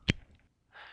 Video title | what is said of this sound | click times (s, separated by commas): Z MAX F UTP Termination | you should hear the latch shown here click past the first retention bump on the module | 0.1 s